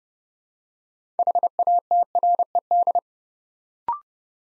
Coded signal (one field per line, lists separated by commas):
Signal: Morse code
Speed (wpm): 30 wpm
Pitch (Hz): 700 Hz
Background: none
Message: HATRED